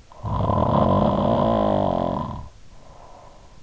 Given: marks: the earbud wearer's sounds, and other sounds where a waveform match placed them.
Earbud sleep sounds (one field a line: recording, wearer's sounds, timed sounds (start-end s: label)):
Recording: sounds in sleep by an in-ear microphone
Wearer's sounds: snoring breath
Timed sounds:
0.22-3.47 s: snoring breath